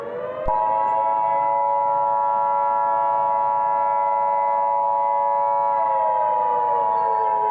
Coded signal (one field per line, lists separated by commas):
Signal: Emergency Alert System (SAME) tones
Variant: 853 and 960 Hz attention tone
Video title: EAS XMAS Short | Elf On The Shelf Apocalypse